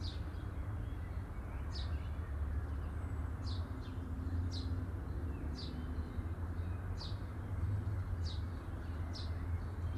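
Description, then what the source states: Bird giving spaced high chirps, about one every second or two, against a continuous deep rumble. Birds chirping at midday.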